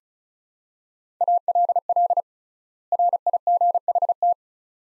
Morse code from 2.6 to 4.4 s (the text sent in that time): RIGHT